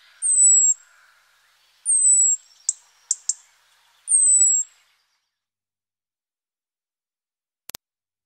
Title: ROUGE GORGE. PETTIROSSU